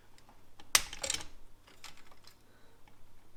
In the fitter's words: you hear that click so that's all nice and secure now